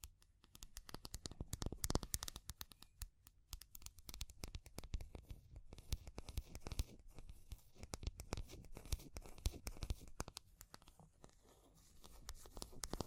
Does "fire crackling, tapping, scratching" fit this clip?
yes